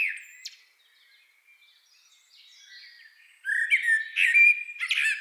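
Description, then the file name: Common blackbird song: a brief whistled note and soft warbling, then a loud warbled phrase broken by thin, scratchy high notes. "Turdus merula"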